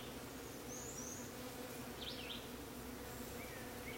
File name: Bees worshiping Christ in Crepe Myrtle 6-30-22 9 45 am